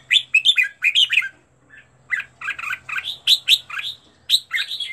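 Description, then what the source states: Red-whiskered bulbul song: a rapid run of liquid, rising-and-falling whistled notes, a short gap, then another cheerful warbled phrase. Used to teach birds to sing, featuring 15 standard song styles.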